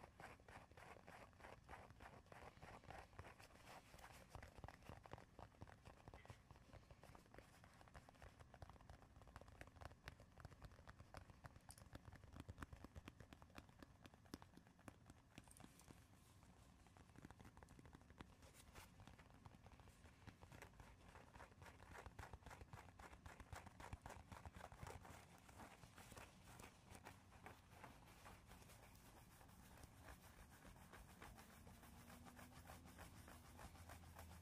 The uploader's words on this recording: ASMR progressive soft to hard triggers // tapping and scratching // fast and aggressive.